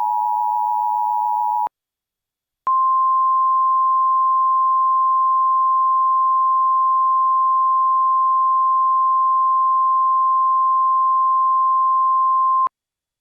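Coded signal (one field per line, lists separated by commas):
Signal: Emergency Alert System (SAME) tones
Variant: 853 and 960 Hz attention tone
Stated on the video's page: Recreation (remake) of a particularly dangerous situation tornado warning alert.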